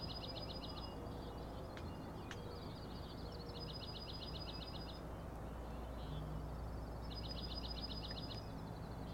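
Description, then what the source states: Common nighthawk rattling calls: high, fast clicking trills in short bursts, repeated several times, over a steady low hum. Three birds flying in a close follow-the-leader formation near the recordist at Schoodic Head overlook, Acadia National Park, Winter Harbor, Maine; 4am, dated 061617; rattling noise.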